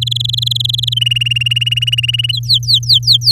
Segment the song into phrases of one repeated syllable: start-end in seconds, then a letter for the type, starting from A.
0.01-0.94 A, 0.96-2.32 B, 2.33-3.31 C